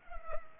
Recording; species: mosquito wingbeat signal from an infrared sensor; Culex pipiens